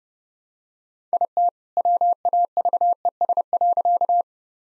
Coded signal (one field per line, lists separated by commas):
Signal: Morse code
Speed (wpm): 30 wpm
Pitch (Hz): 700 Hz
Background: none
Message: IT WAVES.